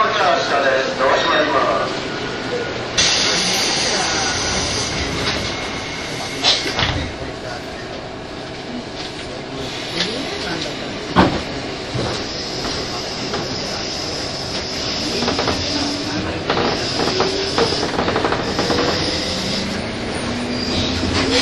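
A 201 series Chuo Line rapid train runs with a continuous dense rumble and rattle of wheels and carriage. A bright hiss enters near three seconds and persists, with sharp clanks around seven and eleven seconds and faint voices underneath.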